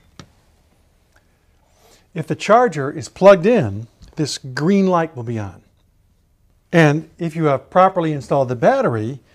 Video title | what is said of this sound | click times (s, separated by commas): Invacare Lifts (Γερανοί ανύψωσης) and Slings (αιώρες) | and push it away until you hear it click | 0.2 s